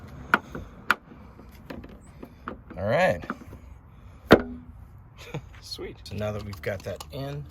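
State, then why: Not seated. A rubber fuel-cap grommet on a Jeep JL is being handled before it is pressed back into the new fuel door housing. Someone talks over sharp handling knocks, the loudest at 0.3, 0.9 and 4.3 seconds. Nothing has seated or clicked yet.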